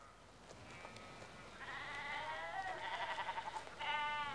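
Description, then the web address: Sheep bleats: several wavering, quavering bleats growing louder, with a clearer bleat at the end. Sheep in a rural outdoor setting in the early evening, recorded mid-close. "BBC Sound Effects Library. Sheep Early Evening-Mid Close"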